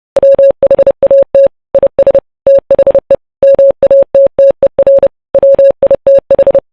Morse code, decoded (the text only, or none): WHAT IS THE MATTER WITH